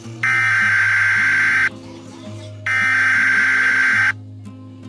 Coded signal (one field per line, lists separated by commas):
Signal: Emergency Alert System (SAME) tones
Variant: header bursts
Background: speech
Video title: Eas vs Alart ready